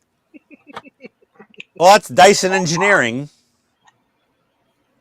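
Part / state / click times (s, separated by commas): vacuum hose into the vacuum body socket / not seated / none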